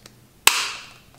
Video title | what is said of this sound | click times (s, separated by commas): How to Snap On/Off Clipper and Trimmer Blades on the Bevel Pro | You're gonna place that in, and then you're just gonna press inward until it snaps into place. | 0.5 s